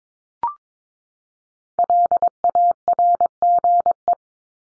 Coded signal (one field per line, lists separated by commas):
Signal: Morse code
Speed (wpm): 22 wpm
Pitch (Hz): 700 Hz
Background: none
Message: LARGE